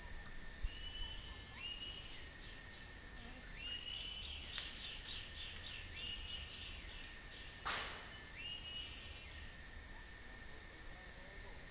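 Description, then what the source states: Bird calls, short rising whistled notes repeated in loose groups, over a steady high-pitched insect drone throughout. Recorded in the US on 21 September 2021, about 14:00.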